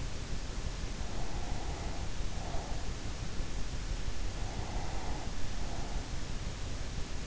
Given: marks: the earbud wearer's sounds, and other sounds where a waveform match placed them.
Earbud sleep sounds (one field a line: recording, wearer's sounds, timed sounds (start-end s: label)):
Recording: sounds in sleep by an in-ear microphone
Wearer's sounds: breath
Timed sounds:
0.96-3.28 s: breath
4.25-6.22 s: breath